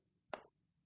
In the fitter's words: you're just literally gonna stick your hand right here okay push down and as soon as you hear that click